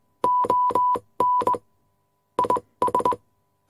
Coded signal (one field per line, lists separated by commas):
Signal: Morse code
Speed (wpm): 19 wpm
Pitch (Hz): 990 Hz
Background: none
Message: ON IS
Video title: Telegraph War Room Ambience ASMR Typewriter - Morse Code Sound Effect Copyright Free